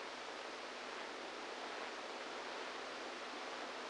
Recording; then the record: brain microelectrode recording played as sound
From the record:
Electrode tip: inside the subthalamic nucleus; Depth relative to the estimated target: -4 mm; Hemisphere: right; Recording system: NeuroSet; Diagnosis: Parkinson's disease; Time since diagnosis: 27 years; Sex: male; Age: 62 years